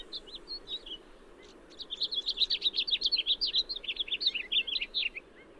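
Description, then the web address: House finch singing a long, fast warbling phrase of jumbled chirps and slurred notes, lasting about three and a half seconds. "Songs of Birds of North America. House Finch"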